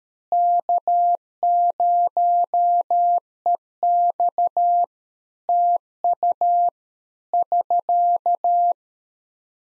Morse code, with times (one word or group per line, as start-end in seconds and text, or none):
0.3-4.8 K0EX
5.5-6.7 TU
7.3-8.7 <SK>